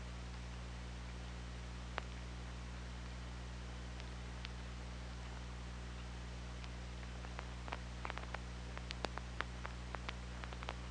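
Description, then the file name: Killer whale clicks, a few isolated ticks early, then a busier cluster of sharp pulses toward the end, over continuous low hum. Recorded on the OrcaLab hydrophone, 24 August 2017, at 23:04. "Orca Lab UTLN JASON 20170824 230413"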